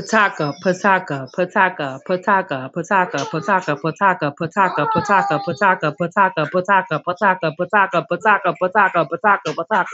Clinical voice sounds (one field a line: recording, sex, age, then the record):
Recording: repeated syllables /pa ta ka/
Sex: female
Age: 30 to 39 years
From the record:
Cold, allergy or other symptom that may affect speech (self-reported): no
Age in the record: 32 years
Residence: United States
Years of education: 10